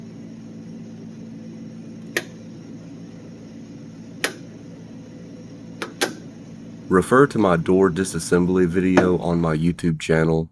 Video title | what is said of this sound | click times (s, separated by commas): Acura Legend Belt Moulding Sweep Replacement (1991-95 Coupe) | make sure when you snap it on you can positively hear the tabs snapping into place | 2.2 s, 4.2 s, 5.8 s, 6.0 s